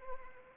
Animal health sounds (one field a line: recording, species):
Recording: mosquito wingbeat signal from an infrared sensor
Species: Anopheles arabiensis